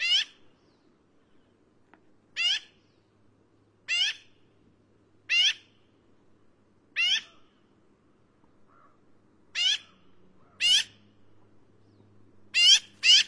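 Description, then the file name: Black-billed magpie calling with spaced, harsh, nasal squawks about every one and a half seconds, ending in a quick double note; quiet background. "canto do Pica hudsonia"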